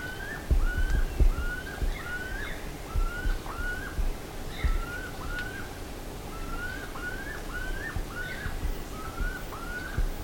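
Bird giving slurred whistled calls, note after note in a loose, continuous series, with low thumps and rumbling noise beneath.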